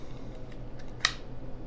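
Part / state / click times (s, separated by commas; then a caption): sunshade hood onto drone camera gimbal / seated / 1.0 s. A plastic sunshade glare hood is pressed over the camera gimbal of a DJI Spark drone until its small clip catches underneath. A single sharp click at 1.1 s shows the hood snapping securely into place.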